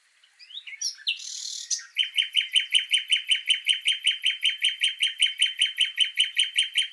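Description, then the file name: Common nightingale song: a buzzy rasping note, then a long steady series of fast, evenly repeated sharp notes that continues to the end. "Luscinia megarhynchos"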